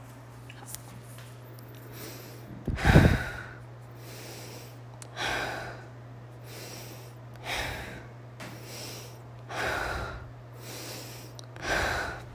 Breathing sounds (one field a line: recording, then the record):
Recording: deep breathing after running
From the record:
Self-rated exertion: light exertion (2 of 6)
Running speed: 6 miles an hour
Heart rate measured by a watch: 92 beats a minute at the start, 98 at the end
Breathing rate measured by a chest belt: 27 breaths a minute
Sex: female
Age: 30 years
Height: 160 cm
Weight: 51 kg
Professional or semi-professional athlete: no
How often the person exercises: 3 to 5 times a week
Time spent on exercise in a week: over 5 hours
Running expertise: no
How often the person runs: 3 to 5 times a week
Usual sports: running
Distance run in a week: 60 km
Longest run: 42 km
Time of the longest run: 267 minutes